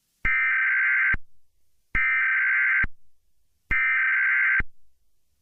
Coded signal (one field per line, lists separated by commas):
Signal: Emergency Alert System (SAME) tones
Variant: header bursts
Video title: EAS Scenario: Moshi Monsters Shutdown